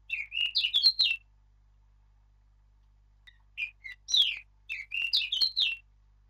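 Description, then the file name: Eurasian blackcap song: two short, rich warbling phrases of quick varied notes, separated by about two seconds of silence. "Sylvia atricapilla"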